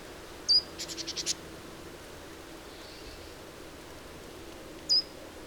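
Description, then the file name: Great tit: a high sharp note followed by a brief buzzy churr of several pulses, then silence and a second high note near the end. "Parus major"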